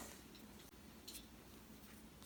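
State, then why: Not seated. A black sport band end is slid into the band slot of a 40mm space gray aluminum Apple Watch Series 4 case. Only quiet handling noise is heard, with faint soft ticks near 1.1 s and 2.2 s over a low background hum. Nothing has seated or clicked yet.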